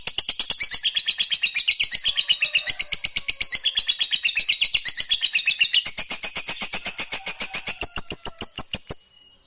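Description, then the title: Lovebird song: a fast, continuous, shrill twittering chatter that stops abruptly near the end, leaving silence. Fighter-type lovebird singing energetically, described as gacor. "SUARA Lovebird FIGHTER GACOR"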